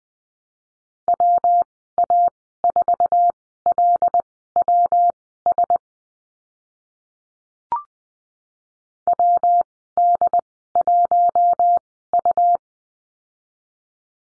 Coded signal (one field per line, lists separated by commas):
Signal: Morse code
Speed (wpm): 20 wpm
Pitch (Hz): 700 Hz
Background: none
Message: WA4LWS WD1U